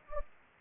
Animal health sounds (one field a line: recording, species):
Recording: mosquito wingbeat signal from an infrared sensor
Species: Anopheles gambiae